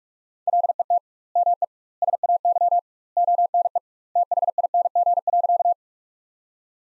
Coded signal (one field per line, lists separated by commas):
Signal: Morse code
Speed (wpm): 41 wpm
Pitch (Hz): 700 Hz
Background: none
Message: LET ME SAY ONE THING.